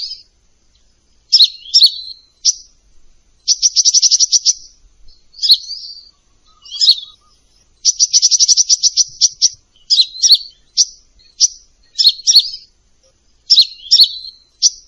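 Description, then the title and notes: Olive-backed sunbird song mixing squeaky high chirps with two long, rapid trills of even ticking notes, then a flurry of sharp doubled chirps. Used as a lure for training birds; described as gacor, with full isian and tembakan song elements. "MASTERAN KOLIBRI NINJA FULL ISIAN DAN TEMBAKAN COCOK BUAT PANCINGAN. Suara Burung Kolibri Ninja Gacor"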